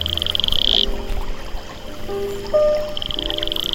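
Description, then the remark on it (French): Several male frogs call over one another in a dense chorus along a river, each on its own territory of 5 to 10 square metres, mixing high trilling notes with lower croaks and whistle-like tones, over a faint steady wash of flowing water. “Les mâles sont tous là, à chanter le long de la rivière, chacun sur son propre territoire, un espace de 5 à 10 mètres carrés.”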